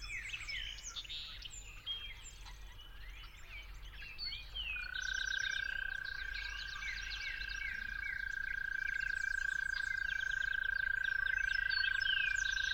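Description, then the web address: Toad trill, a long steady high-pitched purr starting partway through and holding to the end, over a busy chorus of chirping and whistling birds. Recorded at dawn. "musicofnature Toads at Dawn"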